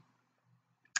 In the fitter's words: then that way you're still able to snap it